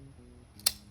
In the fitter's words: and it clicks into place